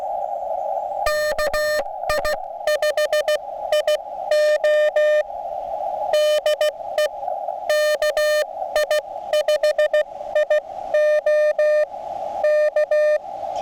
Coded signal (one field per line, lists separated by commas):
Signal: Morse code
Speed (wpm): 16 wpm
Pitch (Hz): 600 Hz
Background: none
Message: KI5IO DE KI5IO K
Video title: Morse Code in the Smoky Mountains